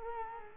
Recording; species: mosquito wingbeat signal from an infrared sensor; Culex quinquefasciatus